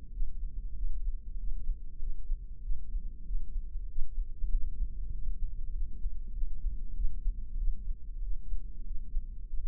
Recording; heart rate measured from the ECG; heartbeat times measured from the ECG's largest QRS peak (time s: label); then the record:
heart sounds by microphone in the left ear; 96 bpm
0.16 s: heartbeat
0.78 s: heartbeat
1.41 s: heartbeat
2.03 s: heartbeat
2.65 s: heartbeat
3.28 s: heartbeat
3.91 s: heartbeat
4.54 s: heartbeat
5.15 s: heartbeat
5.76 s: heartbeat
6.37 s: heartbeat
6.98 s: heartbeat
7.60 s: heartbeat
8.25 s: heartbeat
8.88 s: heartbeat
9.51 s: heartbeat
From the record:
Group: healthy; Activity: rest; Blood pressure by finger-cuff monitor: 145/72 mmHg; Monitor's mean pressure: 93 mmHg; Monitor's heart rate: 96 bpm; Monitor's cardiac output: 8.7 L/min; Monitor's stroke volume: 90 mL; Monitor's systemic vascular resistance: 770 dyn s/cm5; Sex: male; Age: 21 years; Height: 175 cm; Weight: 72.6 kg